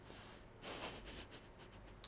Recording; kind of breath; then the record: one breath in and out by a microphone near the nose and mouth; normal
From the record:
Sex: female